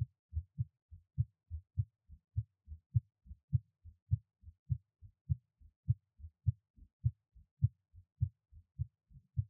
Give my Heartbeat. Haven't recorded a heartbeat in a long time! I recorded it right away when I was done with the workout.